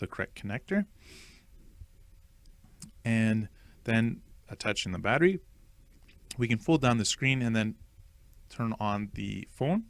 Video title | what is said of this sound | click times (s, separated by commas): iPhone 11 Pro Max repair | disconnecting it on just pushing them in then you'll hear a little click when they go into the con | 2.8 s